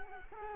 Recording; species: mosquito wingbeat signal from an infrared sensor; Culex quinquefasciatus